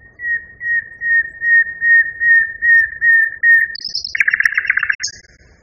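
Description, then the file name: Common nightingale song, a series of about eight steady piping whistles on one pitch, then a harsh fast rattle and a high thin note. Song variation 2, one of a numbered set of nightingale song variations. "kicauan-nightingale-b-variasi 2-omkicau"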